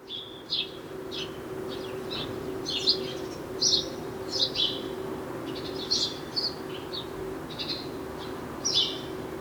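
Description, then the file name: House sparrow giving repeated short chirps in loose irregular bursts, sometimes two or three close together, with a faint constant hum underneath. "Passer domesticus"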